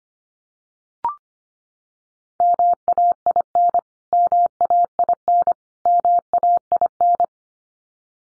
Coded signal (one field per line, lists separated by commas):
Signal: Morse code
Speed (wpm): 25 wpm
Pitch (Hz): 700 Hz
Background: none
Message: MAIN MAIN MAIN